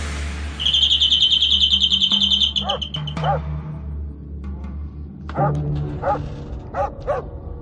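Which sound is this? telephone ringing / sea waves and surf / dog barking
dog barking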